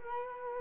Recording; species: mosquito wingbeat signal from an infrared sensor; Culex quinquefasciatus